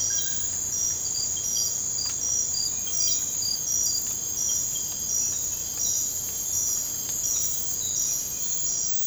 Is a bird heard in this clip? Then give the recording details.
no. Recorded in dense forest near Puerto Asís, Putumayo, Colombia, on 22 December 2024 at 02:00. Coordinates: 0.481, -76.323. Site G100